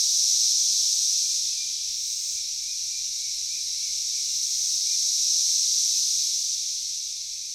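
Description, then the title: Cicadas droning in a continuous high buzz that rises and falls gently. Cicadas calling in a backyard in Knoxville, Tennessee, USA. "3619 Alpine Dr SE, Knoxville, TN 37920, USA - Backyard Cicadas"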